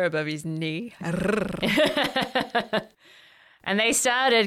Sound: growls